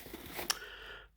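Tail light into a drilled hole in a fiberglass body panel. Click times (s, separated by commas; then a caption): 0.5 s. A small round tail light is pushed into a 4-inch hole drilled in a fiberglass body panel so it sits flush. A single sharp pop is heard at 0.5 s, and the tail light seats into the hole.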